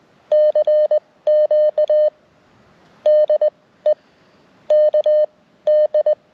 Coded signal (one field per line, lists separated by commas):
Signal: Morse code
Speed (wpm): 20 wpm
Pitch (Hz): 590 Hz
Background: none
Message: CQ DE KD